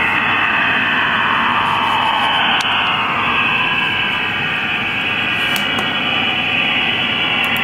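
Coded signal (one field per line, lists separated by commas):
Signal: HF data modem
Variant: STANAG 4285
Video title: IDR Rome Stanag 4285 - Shortwave 6333Khz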